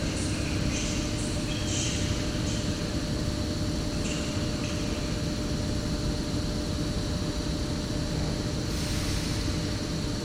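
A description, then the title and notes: Steady low rumble of a standing train at a Wroclaw station platform, with a constant hum and faint brief hisses scattered throughout. Wroclaw train station ambience. The recording was made with a Free Space Pro II binaural microphone (3DIO Sound). Recorded by Artur Olejarczyk.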